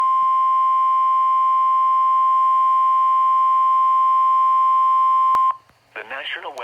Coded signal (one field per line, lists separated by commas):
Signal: Emergency Alert System (SAME) tones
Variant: 1050 Hz attention tone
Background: speech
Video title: EAS Severe Thunderstorm Warning January 25, 2021